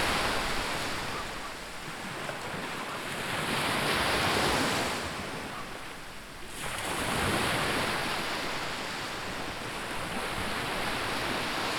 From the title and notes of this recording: Relax Sounds Sea Dawn.